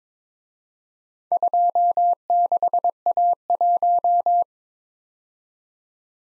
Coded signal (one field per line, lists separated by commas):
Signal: Morse code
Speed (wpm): 27 wpm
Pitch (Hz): 700 Hz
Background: none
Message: 26A1